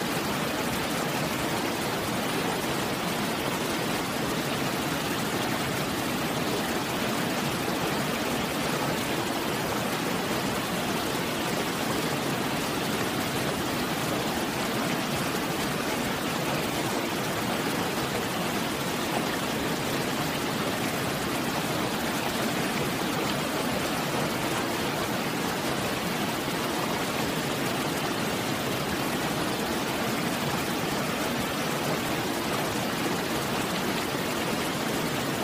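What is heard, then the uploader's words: A small waterfall pours steadily into a rocky pool, a dense, unbroken hiss of falling water that fills the lows and highs alike. Fine splashing and bubbling texture runs throughout at a constant level, with no other sounds breaking through. Relaxing Waterfall. Small waterfall flowing into a clear blue pool rock formation. The white noise sounds coming from the large waterfall then running into the lighter water sounds trickling and bubbling down the rocks. All Raw and mixed audio recorded on: Focusrite Scarlett CM25, Focusrite Scarlett 2i2 Audio interface.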